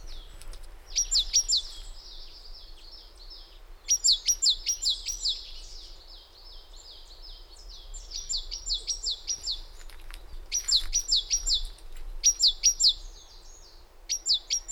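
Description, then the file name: Great tit calls, bursts of sharp high notes that dip downward, given in quick runs with short pauses between runs. "Parus major"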